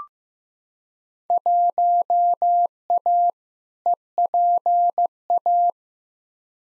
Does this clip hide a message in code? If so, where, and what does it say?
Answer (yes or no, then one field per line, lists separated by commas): yes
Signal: Morse code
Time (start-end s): 1.3-5.7 s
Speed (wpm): 15 wpm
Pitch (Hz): 700 Hz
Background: none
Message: 1A EPA